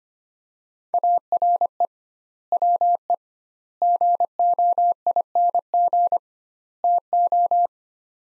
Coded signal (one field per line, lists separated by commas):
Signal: Morse code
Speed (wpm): 25 wpm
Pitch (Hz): 700 Hz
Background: none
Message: ARE WE GOING TO